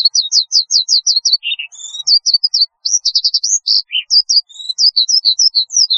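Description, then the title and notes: Horsfield's bush lark song opening with a fast repeated chip series, then varied high twitters, buzzy bursts and two lower harsh notes. "Kicau Burung Branjangan"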